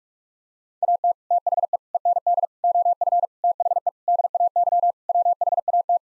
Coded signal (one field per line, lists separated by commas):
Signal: Morse code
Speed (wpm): 44 wpm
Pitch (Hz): 700 Hz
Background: none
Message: AT THE END OF THE DAY WHAT